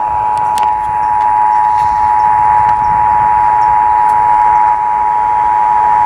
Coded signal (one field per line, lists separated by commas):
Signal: Emergency Alert System (SAME) tones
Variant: 853 and 960 Hz attention tone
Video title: RMTs to End Summer School! (Monthly EAS Tests from 7/11/23) (EAS #1,034-1,042)